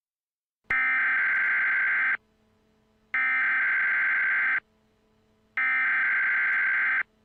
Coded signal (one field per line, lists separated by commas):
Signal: Emergency Alert System (SAME) tones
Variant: header bursts